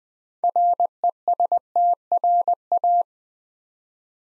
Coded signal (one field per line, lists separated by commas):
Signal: Morse code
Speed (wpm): 20 wpm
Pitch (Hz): 700 Hz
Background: none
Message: RESTRA